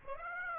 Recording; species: mosquito wingbeat signal from an infrared sensor; Aedes aegypti